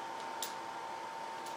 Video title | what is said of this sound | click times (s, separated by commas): Painting Adirondack Chairs | It just locks in place either way. | 0.4 s